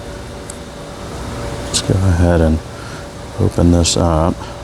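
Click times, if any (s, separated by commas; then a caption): none. A folding bowie knife's steel blade is being handled and opened toward its button lock while someone talks over a steady low background hum. The blade has not yet popped into place or seated in the lock by the end of the clip.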